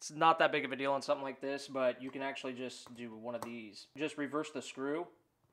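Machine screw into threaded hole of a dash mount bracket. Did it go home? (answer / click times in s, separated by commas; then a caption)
no / none. Someone talks while handling a machine screw at the threaded hole of a metal dash mount bracket for a Tackform Fast Track Plus phone dash mount for an F150/Raptor, about to turn it counterclockwise to line up the threads. Only speech is heard, with no click, and nothing has seated or clicked yet.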